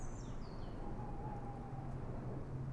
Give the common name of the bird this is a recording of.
Tawny Owl